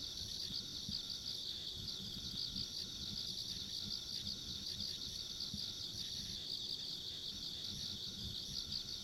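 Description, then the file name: Insects calling together in a constant high chirring drone, unchanging in pitch, with light low-frequency noise beneath. Ambient insect sounds along a rural country road. "田舎道の虫の環境音"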